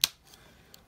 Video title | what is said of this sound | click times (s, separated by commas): SMKW USA Bomber Swiss Army Knife (V1038) | and press down and snap it on. Did you hear that snap? | 0.0 s